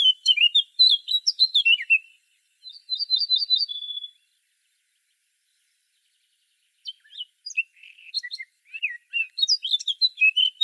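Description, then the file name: Eurasian blackcap singing: scratchy, chattering warbled phrases with a short rapid trill, broken by a long pause before more quick, jumbled notes. "Sylvia atricapilla"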